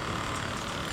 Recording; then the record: background sound without coughing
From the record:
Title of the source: 30 MINUTES Construction Site Ambience (CC BY 4.0)